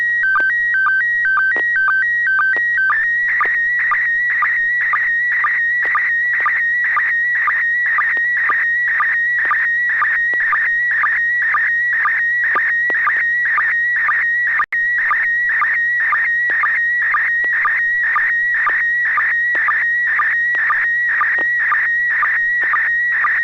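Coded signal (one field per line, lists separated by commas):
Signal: SSTV (slow-scan television)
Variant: PD120 mode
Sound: steady warbling tones stepping between pitches, with a short low chirp about twice a second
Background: low hum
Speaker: we will start with Mr Alpha India six Delta golf who answered very good pd-120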